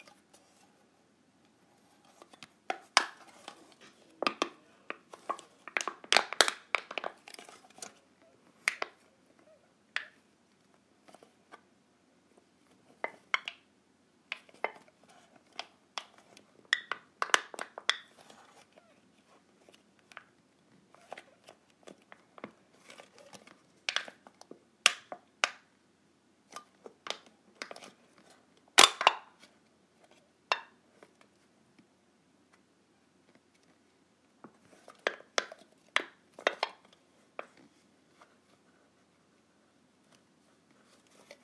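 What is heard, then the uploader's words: Clips being clipped, heard as sharp, bright snaps and clicks arriving in irregular clusters with quiet gaps between. Busier bursts come around 4–8, 13–18, 25–29 and 35–37 seconds, with a low, soft hum underneath throughout. ASMR Clipping my Clips.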